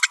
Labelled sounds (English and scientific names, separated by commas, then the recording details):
Green-rumped Parrotlet (Forpus passerinus) babbling
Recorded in a nest box in Venezuela
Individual 18B25A5